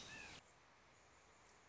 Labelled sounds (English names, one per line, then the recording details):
American Robin
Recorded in Sonoma County, California